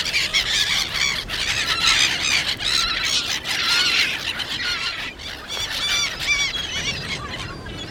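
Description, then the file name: Black-headed gulls calling: many harsh, squealing notes overlapping in a busy chorus. "Bhgulls"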